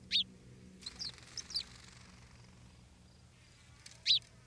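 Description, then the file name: House sparrow calling with a loud single chirp, a few softer cheeps, a long quiet gap, then another loud chirp at the close. "Passer domesticus"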